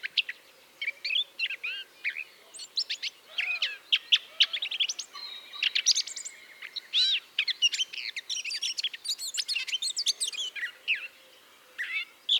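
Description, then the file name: Eurasian blackcap giving a long, varied warble of chirps, trills and squeaky notes, pausing briefly, with soft low calls underneath. "Sylvia atricapilla"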